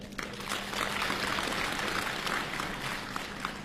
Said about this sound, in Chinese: 好，亲爱的观众朋友们，大家新年好，谢谢您热情的掌声。